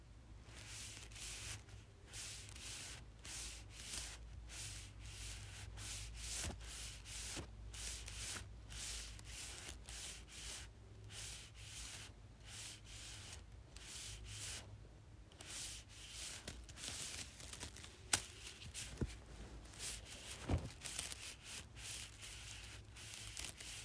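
Small straws rub together in quick, repeated strokes, a dry bright scratching that pulses steadily for the whole stretch. A low hum sits underneath throughout, and a few sharp ticks stand out, notably around 18 and 20 seconds.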